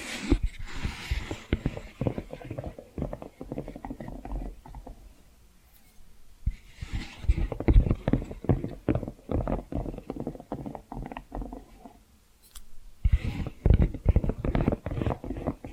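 Tapping and scratching sounds: dense runs of quick, sharp taps mixed with rough scraping, coming in bursts. The busiest stretches fall near the start, from about 6.5 to 12 seconds, and after 13 seconds, with quieter pauses around 5 and 12 seconds.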